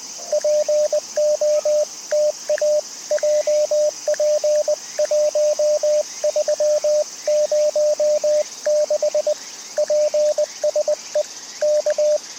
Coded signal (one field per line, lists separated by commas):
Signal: Morse code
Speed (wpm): 20 wpm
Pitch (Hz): 590 Hz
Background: radio noise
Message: POTA JP1306 PSE K